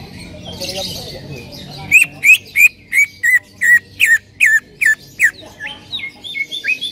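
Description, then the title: Bird song: a steady string of bright chirping notes, about three per second, fading slightly toward the end. "Kicau Burung"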